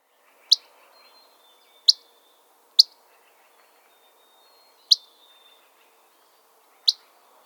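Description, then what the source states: Gray Flycatcher whit calls: five sharp, dry, very short notes at uneven intervals, over a quiet background. Sharp, dry whit call, very difficult to tell apart from other Empidonax flycatchers, especially the Dusky Flycatcher.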